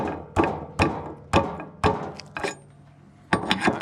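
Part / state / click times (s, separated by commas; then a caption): snap ring part going onto a spindle shaft / not seated / none. A hammer strikes a shaft part fitted with a snap ring onto a spindle shaft on a tractor mower assembly, meant to drive the ring into its groove. A series of sharp, ringing hammer blows is heard, with a final quick cluster of strikes near the end. The snap ring has not snapped into place, and nothing has seated or clicked yet.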